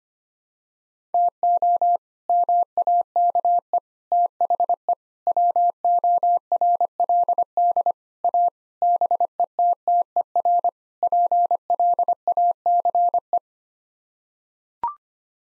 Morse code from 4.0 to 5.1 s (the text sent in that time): THE